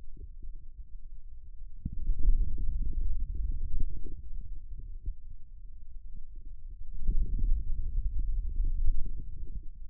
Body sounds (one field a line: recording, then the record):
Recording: forearm muscle sounds (acoustic myography)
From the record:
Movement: finger pinch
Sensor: system 2, bracelet of six BSWA MPA416 microphones around the upper forearm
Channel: 6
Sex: male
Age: 22 years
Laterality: right